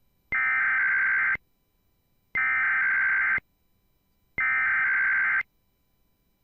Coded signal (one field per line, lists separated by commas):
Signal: Emergency Alert System (SAME) tones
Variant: header bursts